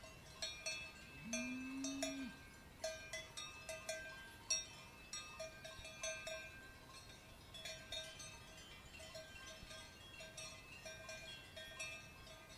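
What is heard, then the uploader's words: Cowbells clank almost constantly, in irregular clusters of bright metallic strikes with a ringing tone that come every second or so. A single short, low cow moo sounds near the start, at about one to two seconds, and none follows. Cow Mooing ASMR.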